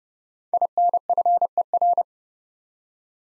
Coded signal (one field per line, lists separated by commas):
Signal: Morse code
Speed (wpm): 30 wpm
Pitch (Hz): 700 Hz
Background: none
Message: INFER